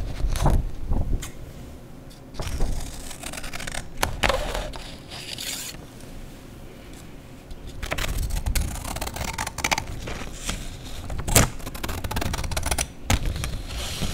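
Paper being cut with scissors and torn or crumpled, sharp snips and rips recurring every second or two over a low rustling rumble.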